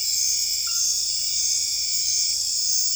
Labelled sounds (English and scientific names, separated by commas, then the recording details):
none
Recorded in dense forest near Puerto Asís, Putumayo, Colombia, on 20 December 2024 at 21:00
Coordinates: 0.482, -76.320
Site G021